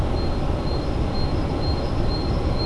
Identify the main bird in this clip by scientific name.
Parus major